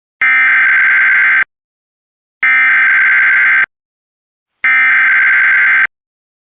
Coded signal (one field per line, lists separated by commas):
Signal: Emergency Alert System (SAME) tones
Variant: header bursts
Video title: EAS Alert From 6/12/25